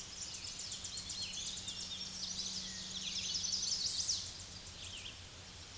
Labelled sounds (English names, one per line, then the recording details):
Chestnut-sided Warbler song
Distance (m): 25 m
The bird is about level with the microphone
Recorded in a Pennsylvania forest on 16 May 2024 at 06:30
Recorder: AudioMoth, point MSD-2429
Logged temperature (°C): 16.7 °C
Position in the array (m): 79 m, 68 m